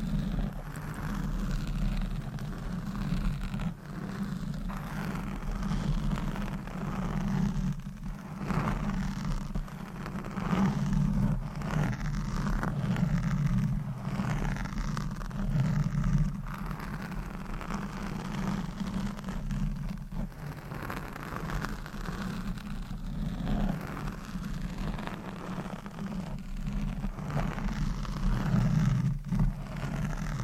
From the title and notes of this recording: ASMR Deep Mic Scratching , Brushing & Stroking Asmr No Talking.